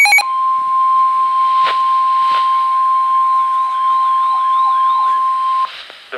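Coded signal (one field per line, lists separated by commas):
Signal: Emergency Alert System (SAME) tones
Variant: 1050 Hz attention tone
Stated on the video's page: Severe Thunderstorm Warning; the ER102 weather radio did not sound because voice mode was off.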